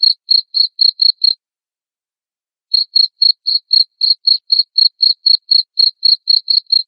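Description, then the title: Cricket chirping in quick high pulses, about four a second, pausing for over a second before resuming the same steady rhythm. Loud cricket chirping played to make lovebirds keep singing (ngekek). "Suara JANGKRIK NGERIK Keras Bikin LOVEBIRD Jadi NGEKEK Terus Vubey"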